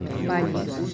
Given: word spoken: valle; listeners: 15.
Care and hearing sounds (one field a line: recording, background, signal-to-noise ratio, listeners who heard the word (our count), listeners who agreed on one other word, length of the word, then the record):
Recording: one Spanish word in noise, from a listening test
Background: eight-talker babble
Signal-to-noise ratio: 0.4 dB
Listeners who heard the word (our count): 0 of 15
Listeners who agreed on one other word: 10 of 15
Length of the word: 0.54 s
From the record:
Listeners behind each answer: 10, 2, 1, 1, 1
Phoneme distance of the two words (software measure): 31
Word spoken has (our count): 2 syllables, 4 phonemes, stress on syllable 1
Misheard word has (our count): 2 syllables, 5 phonemes, stress on syllable 1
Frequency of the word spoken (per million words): 50.16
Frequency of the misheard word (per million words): 10.56